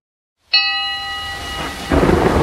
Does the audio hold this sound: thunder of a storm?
yes